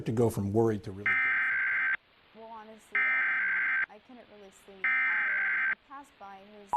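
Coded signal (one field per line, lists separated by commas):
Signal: Emergency Alert System (SAME) tones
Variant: header bursts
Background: speech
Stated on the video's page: Florida Required Monthly Test relayed by several Miami-area TV stations.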